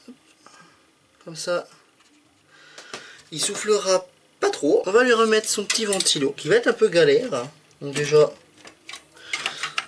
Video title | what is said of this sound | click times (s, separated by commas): Test Retour Déchetterie #32 - Compaq Presario S7390fr (Pentium 4 HT Northwood) | c'est bien enclenché. On a pas de souci làdessus. | 9.8 s